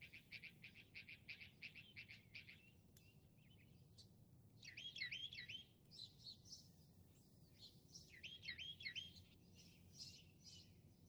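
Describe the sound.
Northern mockingbird song over steady hiss: a quick series of rapid repeated notes, then varied warbled and looping phrases, each repeated a few times.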